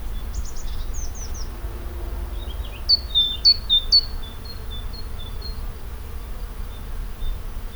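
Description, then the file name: Great tit song of several fast high-low two-note phrases midway, trailing off into fainter repeats, preceded by a few thin high descending notes. "Parus major"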